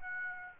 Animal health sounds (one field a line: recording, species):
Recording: mosquito wingbeat signal from an infrared sensor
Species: Aedes aegypti